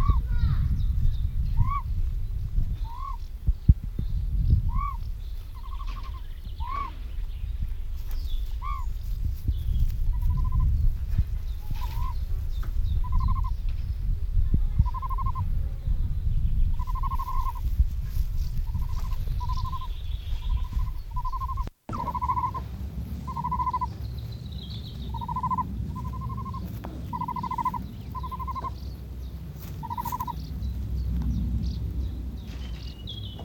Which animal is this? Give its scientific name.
Otis tarda